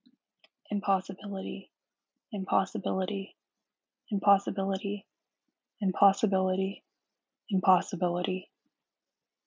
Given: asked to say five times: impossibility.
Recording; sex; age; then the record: repeated word; female; 18 to 19 years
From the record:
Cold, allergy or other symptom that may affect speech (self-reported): no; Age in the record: 19 years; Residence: California, United States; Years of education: 13